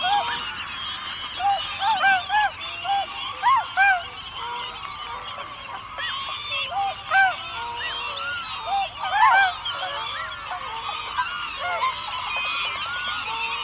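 Bewick's swans calling as a flock, many overlapping nasal honks and yelps throughout, with louder bugled notes rising above the chorus now and then.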